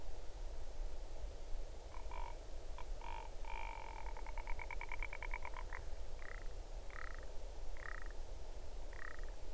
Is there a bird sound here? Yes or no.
yes